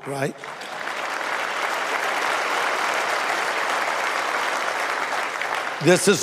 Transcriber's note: applause